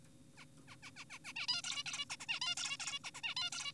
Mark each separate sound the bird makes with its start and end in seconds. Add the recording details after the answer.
0.38-0.45, 0.68-0.76, 0.83-0.91, 0.96-1.05, 1.10-1.19, 1.25-1.33, 1.36-1.46, 1.48-1.62, 1.64-1.84, 1.86-2.05, 2.10-2.16, 2.20-2.26, 2.29-2.40, 2.42-2.55, 2.57-2.77, 2.80-2.99, 3.04-3.11, 3.15-3.21, 3.24-3.34, 3.37-3.50, 3.52-3.72. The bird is an adult. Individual g4p5U